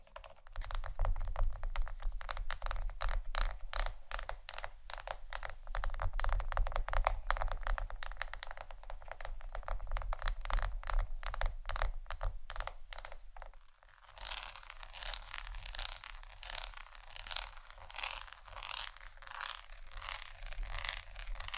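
Fingertips tap and scratch on a chocolate bar, with dense crackly clicks and crinkly scraping throughout. Around fourteen seconds the sound shifts to a brighter, hissier scratching with fewer distinct taps. A low steady rumble sits underneath.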